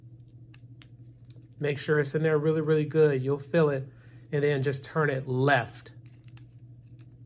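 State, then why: Released. Someone talks while a small security key is pushed firmly into the integral safety lock of a Taurus 605 Poly Protector .357 Magnum revolver and turned left to disengage it. A sharp click at 6.4 s marks the lock releasing to unlocked.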